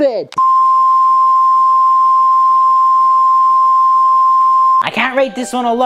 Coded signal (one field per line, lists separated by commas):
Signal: Emergency Alert System (SAME) tones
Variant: 1050 Hz attention tone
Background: speech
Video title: Eas Alarms 100 Millon Countrys